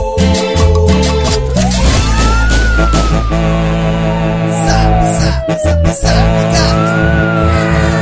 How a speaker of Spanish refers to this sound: Suenan las sirenas, llegan patrulleros.